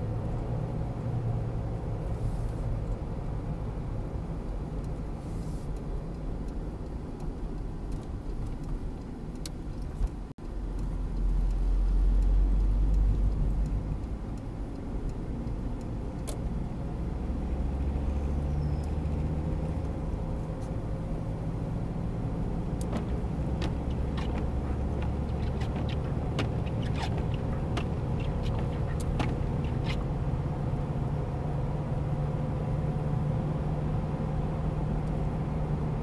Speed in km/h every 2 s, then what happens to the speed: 69, 65, 57, 48, 37, 33, 37, 43, 51, 55, 59, 64, 70, 75, 78, 81, 84, 86.
0-10 brakes to 33. 10-36 speeds up to 86.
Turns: none.